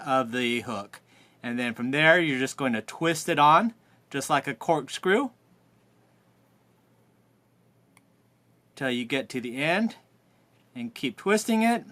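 A metal corkscrew bait retainer is twisted onto the eye of a fishing hook, turned along like a corkscrew toward the end. Someone talks, with a quiet gap of faint handling in the middle and a small tick near 8.0 s. Nothing has clicked or seated yet.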